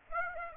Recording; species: mosquito wingbeat signal from an infrared sensor; Aedes aegypti